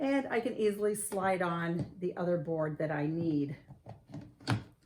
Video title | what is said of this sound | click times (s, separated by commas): Embroidery Garden & the Totally Tubular Pressing Station from DIME | and it'll click into place now you can use this | 4.5 s